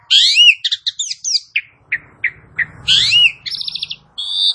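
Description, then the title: Asian pied starling song: loud squealing whistles, a few short chips, then more buzzy, rattling phrases. "Bunyi Jalak Suren"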